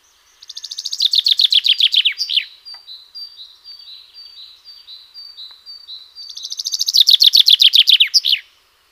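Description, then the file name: Common chaffinch singing two descending trilled phrases with an emphatic terminal flourish; between them a softer series of short, evenly repeated high notes continues. "Fringilla coelebs"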